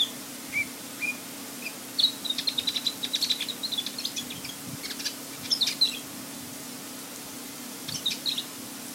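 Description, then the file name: Ruby-throated bulbul song: bursts of bright, high chirping and whistled notes, densest in the middle of the passage, over a steady low hum. "cucakrantemas"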